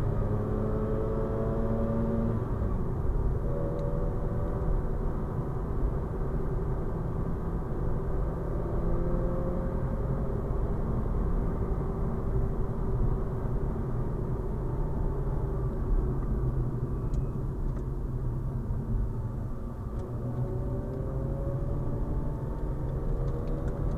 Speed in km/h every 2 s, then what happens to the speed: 71, 73, 74, 75, 79, 74, 67, 55, 44, 40, 48, 55.
0-8 speeds up to 79. 8-17 brakes to 40. 18-24 speeds up to 55.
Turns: none.